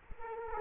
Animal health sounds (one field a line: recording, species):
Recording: mosquito wingbeat signal from an infrared sensor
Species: Culex quinquefasciatus